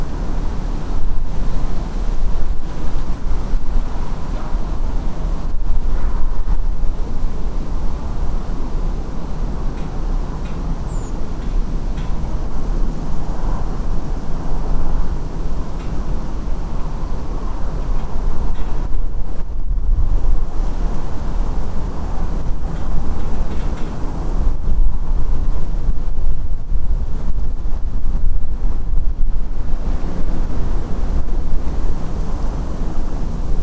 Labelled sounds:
Redwing
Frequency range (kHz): Redwing 6.4-8.2 kHz
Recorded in France

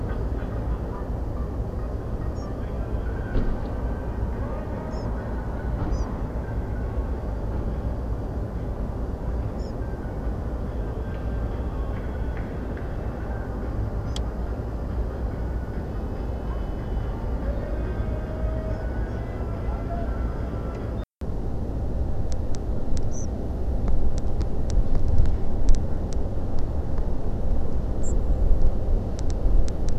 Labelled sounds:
Spotted Flycatcher
European Pied Flycatcher
unidentified sound
European Robin
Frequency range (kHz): Spotted Flycatcher 4.3-8.2 kHz; European Pied Flycatcher 3.8-8.3 kHz; European Robin 6.2-9.2 kHz
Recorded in France

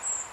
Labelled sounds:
Redwing
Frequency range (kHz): Redwing 6.8-8.3 kHz
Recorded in France

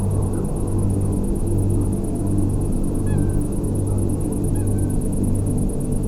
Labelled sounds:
Eurasian Coot
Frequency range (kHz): Eurasian Coot 1.4-5.1 kHz
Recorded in France

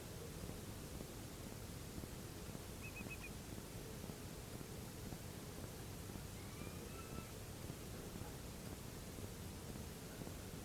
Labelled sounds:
Eurasian Whimbrel
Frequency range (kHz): Eurasian Whimbrel 2.1-2.6 kHz
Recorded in France

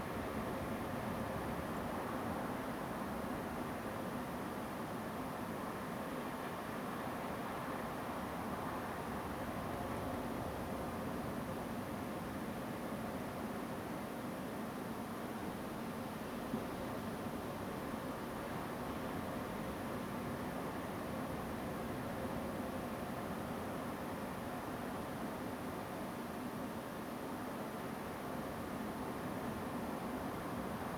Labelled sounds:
Song Thrush
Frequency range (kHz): Song Thrush 6.9-8.1 kHz
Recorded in France

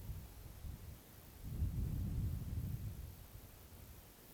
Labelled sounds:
none
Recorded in France

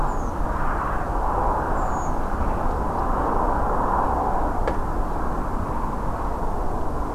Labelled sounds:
Redwing
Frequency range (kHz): Redwing 5.7-7.7 kHz
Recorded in France

